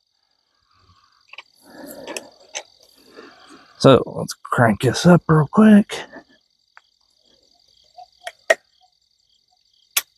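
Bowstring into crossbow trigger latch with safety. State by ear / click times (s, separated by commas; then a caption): seated / 10.0 s. Someone talks, then a crossbow's string is cranked back with a crank cocking device, with a few sharp ticks around 8.3 and 8.5 seconds. At 10.0 seconds a loud click sounds as the bowstring latches into the crossbow's trigger latch and the safety engages.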